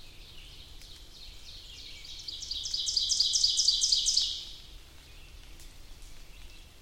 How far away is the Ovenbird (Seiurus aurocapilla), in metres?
about 25 m